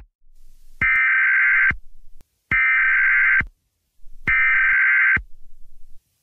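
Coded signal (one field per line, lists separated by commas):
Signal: Emergency Alert System (SAME) tones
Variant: header bursts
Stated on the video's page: Valid alert tones within an animated short film.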